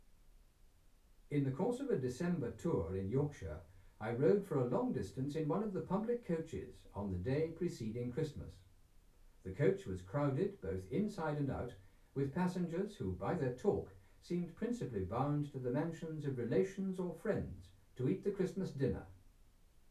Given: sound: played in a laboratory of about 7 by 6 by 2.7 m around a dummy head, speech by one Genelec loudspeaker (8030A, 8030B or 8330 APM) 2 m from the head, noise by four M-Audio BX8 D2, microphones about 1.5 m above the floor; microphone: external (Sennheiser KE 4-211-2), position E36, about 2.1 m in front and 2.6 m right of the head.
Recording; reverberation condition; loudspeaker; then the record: male speech in English; low; 120 degrees to the right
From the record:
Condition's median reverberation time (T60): about 310 ms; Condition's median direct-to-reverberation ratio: about 3.5 dB